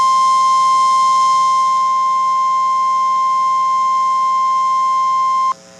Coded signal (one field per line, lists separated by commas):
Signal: Emergency Alert System (SAME) tones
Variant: 1050 Hz attention tone